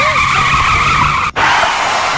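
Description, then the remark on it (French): A loud, sustained tire squeal from a car parking with a controlled skid, with steady high-pitched tonal bands over engine rumble, broken by a brief dropout before a noisier rush continues. “Voilà, je viens de me garer. Dérapage contrôlé.”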